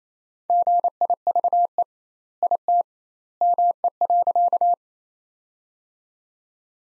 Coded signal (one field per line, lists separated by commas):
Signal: Morse code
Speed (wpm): 28 wpm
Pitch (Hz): 700 Hz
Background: none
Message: GIVE IT ME.